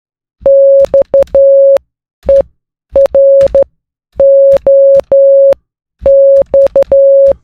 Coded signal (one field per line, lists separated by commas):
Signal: Morse code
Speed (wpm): 11 wpm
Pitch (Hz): 550 Hz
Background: none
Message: XEROX